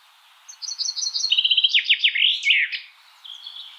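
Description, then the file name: Common chaffinch song: one quick phrase of high notes speeding into a downward-sweeping trill and closing with an emphatic twist. "Fringilla coelebs"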